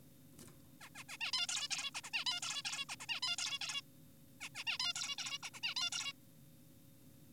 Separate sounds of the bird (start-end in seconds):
0.81-0.89, 0.95-1.04, 1.09-1.17, 1.21-1.32, 1.34-1.47, 1.49-1.69, 1.71-1.91, 1.95-2.01, 2.04-2.10, 2.14-2.24, 2.26-2.40, 2.42-2.62, 2.65-2.85, 2.89-2.96, 3.00-3.06, 3.09-3.20, 3.23-3.36, 3.38-3.58, 3.61-3.82, 4.41-4.49, 4.55-4.64, 4.67-4.78, 4.80-4.93, 4.96-5.16, 5.18-5.38, 5.43-5.50, 5.54-5.60, 5.63-5.74, 5.76-5.90, 5.92-6.12